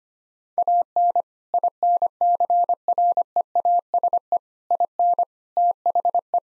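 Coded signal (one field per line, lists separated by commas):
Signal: Morse code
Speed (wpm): 25 wpm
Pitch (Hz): 700 Hz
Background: none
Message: AN INCREASE IN THE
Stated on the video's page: Morse practice drill of six-word sets sent at 25 wpm for head-copying.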